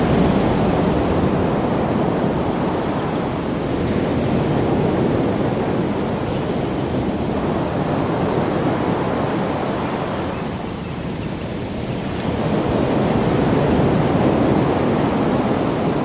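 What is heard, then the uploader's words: Ocean surf rolls in a steady, dense wash, strongest in the low and middle range. The roar swells and eases gently, dipping slightly around ten to twelve seconds before building again, with faint brighter hiss above and a hint of wind. Ocean Sounds In Hawaii.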